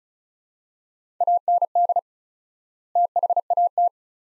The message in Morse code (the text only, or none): AND THAT